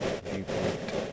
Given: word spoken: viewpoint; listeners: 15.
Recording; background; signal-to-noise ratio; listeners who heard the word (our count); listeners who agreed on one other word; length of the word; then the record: one English word in noise, from a listening test; noise modulated by three-talker babble; -5.2 dB; 0 of 15; 6 of 15; 0.73 s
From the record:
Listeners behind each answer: 6, 2, 2, 1, 1, 1, 1, 1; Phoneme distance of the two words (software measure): 44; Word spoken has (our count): 2 syllables, 7 phonemes, stress on syllable 1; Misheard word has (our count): 2 syllables, 7 phonemes, stress on syllable 1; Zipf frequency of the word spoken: 3.16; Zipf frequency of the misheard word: 4.78